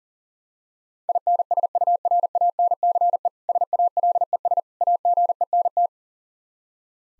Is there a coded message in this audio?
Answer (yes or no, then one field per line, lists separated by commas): yes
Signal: Morse code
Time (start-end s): 1.1-5.9 s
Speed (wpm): 40 wpm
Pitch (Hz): 700 Hz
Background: none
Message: INSURANCE SALES AGENT